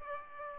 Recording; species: mosquito wingbeat signal from an infrared sensor; Aedes aegypti